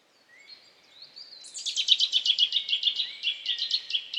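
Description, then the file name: Eurasian nuthatch calling: soft thin whistles at first, then a fast, loud, even series of sharp piping notes continuing to the end. "Sitta europaea"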